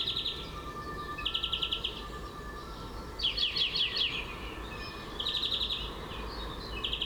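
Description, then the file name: European greenfinch trilling repeatedly, fast rattles and buzzy bursts with light twitters, plus a faint steady tone below. "Chloris chloris"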